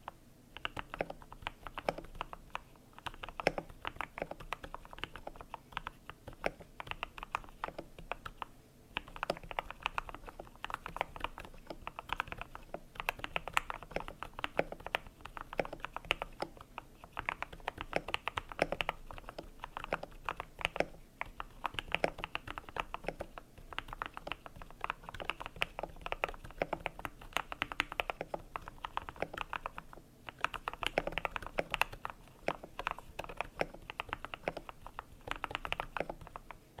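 A collection of keyboard key sounds: quick, dense clicking and clacking from typing runs, with short pauses every few seconds. The taps are crisp and mid-to-bright, with a faint low hum beneath.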